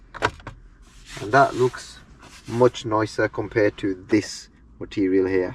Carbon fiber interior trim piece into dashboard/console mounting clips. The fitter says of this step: there you go satisfying click